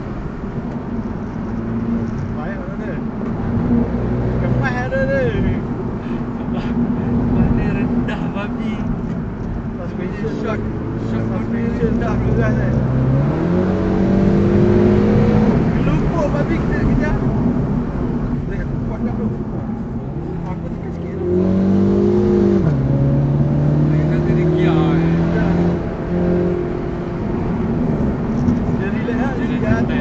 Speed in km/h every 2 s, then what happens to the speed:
93, 93, 99, 96, 83, 79, 75, 95, 98, 84, 75, 53, 81, 98, 96.
0-6 steady at about 93. 6-12 brakes to 75. 12-16 speeds up to 98. 16-23 brakes to 53. 23-26 speeds up to 98.